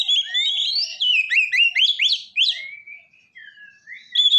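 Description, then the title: Oriental magpie-robin singing a fast run of bright whistled slurs, ending in softer drawn-out whistles and a final loud note. "kacer"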